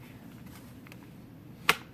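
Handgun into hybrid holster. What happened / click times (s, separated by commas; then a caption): The item snapped into its rigid holster / 1.7 s. A handgun is pushed into a hybrid holster and seats with one sharp, bright click at 1.7 s, following two faint ticks around 0.9 s over a low background hum. The fit is not as tight as a Kydex holster.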